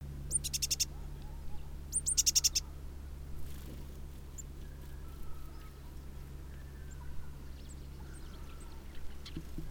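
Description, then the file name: Eurasian blue tit calling with a thin high note followed by a fast dry ticking run, given twice early on, over a low steady hum. "Cyanistes caeruleus"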